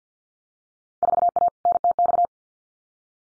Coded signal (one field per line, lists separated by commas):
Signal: Morse code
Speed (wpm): 50 wpm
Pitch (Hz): 700 Hz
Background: none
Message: 4A NTX